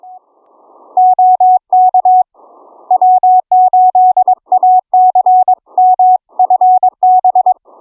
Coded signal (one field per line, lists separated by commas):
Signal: Morse code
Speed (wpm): 22 wpm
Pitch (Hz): 740 Hz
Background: none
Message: OK W8ACM FB